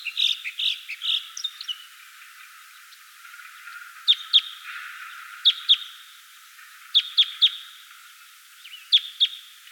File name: Red Crossbill - Loxia curvirostra type 2